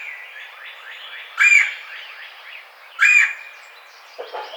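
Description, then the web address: Red-bellied woodpecker, two loud harsh rolling calls about a second and a half apart, with soft chirping birds behind. Recorded 4 May 2009. "Red-bellied Woodpecker 2009 05 04"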